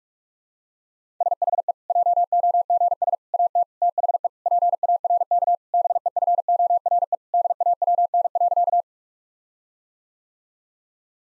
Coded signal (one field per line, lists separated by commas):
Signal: Morse code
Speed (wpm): 41 wpm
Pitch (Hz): 700 Hz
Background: none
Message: SHE JOGS AT THE PARK BEFORE DAWN.